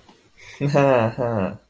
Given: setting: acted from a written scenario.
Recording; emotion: vocal sound without words; pride